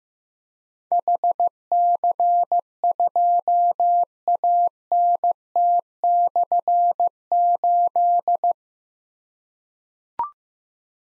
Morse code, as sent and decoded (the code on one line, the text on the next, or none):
.... -.-. ..--- .- -. - -..-. ---..
HC2ANT/8